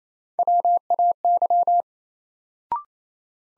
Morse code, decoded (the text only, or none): WAY